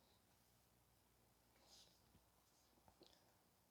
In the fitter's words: you should be able to hear it to click into place when you push it in